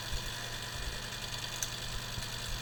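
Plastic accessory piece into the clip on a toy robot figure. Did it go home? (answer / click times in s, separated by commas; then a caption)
yes / 1.6 s. A plastic accessory piece of a transforming robot toy figure is pressed onto its clip, with a steady low hum in the background. A short sharp snap is heard at 1.6 s as the piece seats into the clip.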